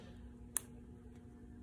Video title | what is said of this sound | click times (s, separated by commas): Coyote 5.0 Engine Build Part 4- Cylinder Head Assembly | don't know if you guys heard that or not but it clicked in and now the retainer won't leave the spring | 0.6 s